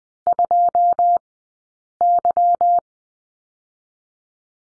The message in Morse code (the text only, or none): 2Y